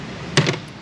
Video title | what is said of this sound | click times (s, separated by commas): JUNK PARTS! Not going well. PT Cruiser 2.4 | That's a good solid clickage. | 0.4 s